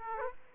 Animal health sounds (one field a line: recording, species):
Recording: mosquito wingbeat signal from an infrared sensor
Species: Aedes aegypti